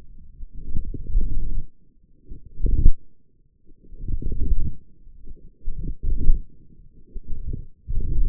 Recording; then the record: forearm muscle sounds (acoustic myography)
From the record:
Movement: forearm pronation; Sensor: system 1, eight BSWA MPA416 microphones around the upper forearm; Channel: 5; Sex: male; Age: 21 years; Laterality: right